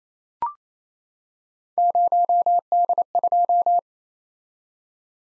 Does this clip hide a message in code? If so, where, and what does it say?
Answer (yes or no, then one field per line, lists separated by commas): yes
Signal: Morse code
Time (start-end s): 1.8-3.8 s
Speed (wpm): 28 wpm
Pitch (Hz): 700 Hz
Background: none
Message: 0D2